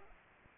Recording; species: mosquito wingbeat signal from an infrared sensor; Culex pipiens